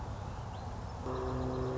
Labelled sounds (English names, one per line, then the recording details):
Song Sparrow
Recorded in Sonoma County, California